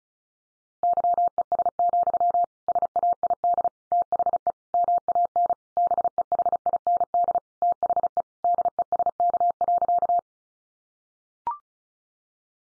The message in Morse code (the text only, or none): YES, SAID THE MAN BEHIND THE DESK.